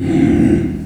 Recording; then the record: squeal of a Yucatan mini pig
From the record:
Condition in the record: after surgery on the right vocal fold (resection and tissue-engineered implant); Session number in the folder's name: 1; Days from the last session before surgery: 13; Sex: female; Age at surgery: 19 weeks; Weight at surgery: 25 kg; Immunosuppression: prednisolone